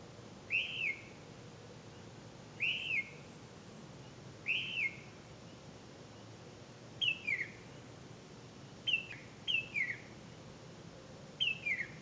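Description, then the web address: Bird calls: sharp descending chirps repeated roughly every two seconds, some given in doubled pairs later, over faint steady hiss. "misc bird"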